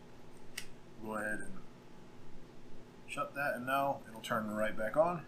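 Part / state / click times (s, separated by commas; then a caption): microSD memory card into a handheld video camera's card slot / seated / 0.6 s. A microSD memory card is pushed into a handheld video camera's card slot with its contacts facing the flip-out screen, and a sharp click at 0.6 s marks the card locking into place. Someone then talks.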